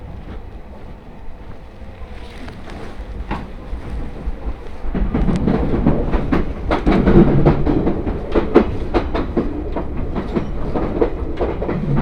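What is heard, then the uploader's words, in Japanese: A train ride on the Tohoku Main Line from Koriyama to Fukushima: a steady low rumble of the carriage runs throughout. Around five seconds the rumble swells and a fast run of sharp clicks and rattles sets in, thinning out toward the end. 鉄道旅 東北本線 郡山→福島。郡山から福島の間はE721系電車4両編成になり、先ほどまでの混雑ぶりから一息つけた感じです。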